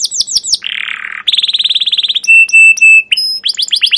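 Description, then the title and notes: Canary song in varied short phrases: sweeping chirps, a buzzy rasp, a fast trill, a few long pure whistled tones, then quick sweeping chirps again. Caged canary song used as a lure to train other canaries, described as long, lively chattering for young birds learning sounds. "CUIT CUIT NGEROL LANGSUNG GACOR PANJANG Kenari Ini AMPUH Utk Pancingan KENAR. PANCINGAN Kenari GACOR PANJANG Cuit CUIT EMOSI ini AMPUH utk MASTERAN Kenari PAUD belajar BUNYI. burung kenari"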